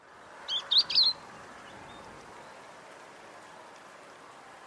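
Bird calling with a single quick burst of three high, sharp chirps near the start, followed by steady hiss and little else.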